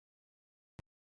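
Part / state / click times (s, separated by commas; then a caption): windage dial in the bow sight body / seated / 0.8 s. After being pulled out for adjustment, the black windage adjustment dial on a bow sight is pushed back into its locked position in the sight body. In otherwise near silence, a single sharp click is heard at 0.8 s as the dial pops back in and seats.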